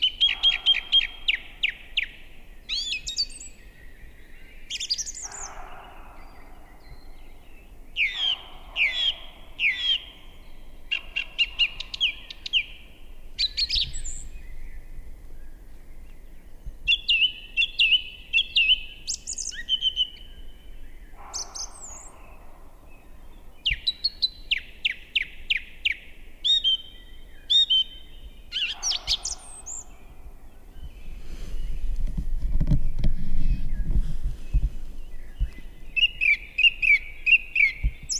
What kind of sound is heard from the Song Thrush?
song